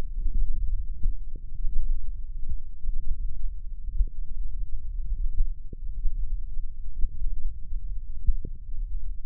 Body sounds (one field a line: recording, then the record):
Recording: forearm muscle sounds (acoustic myography)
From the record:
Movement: thumb flexion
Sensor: system 1, eight BSWA MPA416 microphones around the upper forearm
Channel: 5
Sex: female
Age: 21 years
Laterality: right